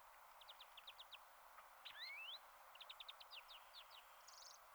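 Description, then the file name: European greenfinch twittering, faint quick series of short chirping notes, a rising swept note in the middle, then another run of rapid twitters. "Chloris chloris"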